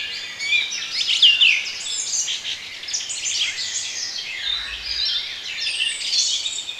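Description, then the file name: Birds calling and singing in a thick chorus of high chirps, with a few sharp downslurred whistles early on. Bird sounds for relaxation. "relaksacja odglosy ptakow"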